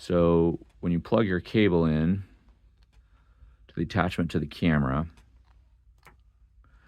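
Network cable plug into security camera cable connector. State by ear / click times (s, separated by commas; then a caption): seated / 6.1 s. An Ethernet cable plug is pushed into a security camera's pigtail connector inside a waterproof coupler. Someone talks, then after a pause a faint click comes at 6.1 s as the plug seats, barely audible.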